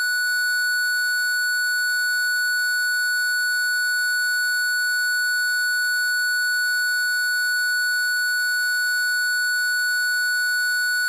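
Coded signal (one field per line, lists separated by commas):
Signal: alarm pattern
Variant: parking sensor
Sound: one continuous, unchanging high beep tone lasting about 11 seconds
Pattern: 1 continuous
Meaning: A continuous tone means an object is at the nearest distance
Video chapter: 00:31 sound at the nearest distance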